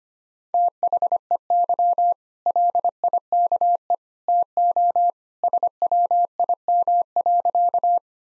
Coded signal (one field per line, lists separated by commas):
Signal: Morse code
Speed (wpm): 25 wpm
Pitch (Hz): 700 Hz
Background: none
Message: THEY LIKE TO SWIM.